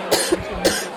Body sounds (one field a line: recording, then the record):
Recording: coughing mixed with background sound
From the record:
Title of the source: 55 gaggy wet cough